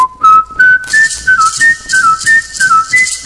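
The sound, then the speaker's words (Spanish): A man whistles a lively melody, the clear, pure tone hopping between notes in quick phrases with brief gaps, strong and steady with faint breathy noise behind it. “Entonces yo pues desde la edad de 10 años estoy silbando, ya me he ganado 5 campeonatos, 3 nacionales, 2 mundiales.”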